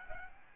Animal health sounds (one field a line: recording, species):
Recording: mosquito wingbeat signal from an infrared sensor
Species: Aedes albopictus